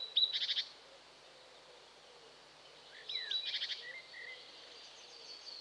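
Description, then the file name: Common redstart phrases: two short bursts of high, rapid buzzy notes about three seconds apart, each with thin whistled slurs, over a steady low hiss. "Common Redstart (Phoenicurus phoenicurus)"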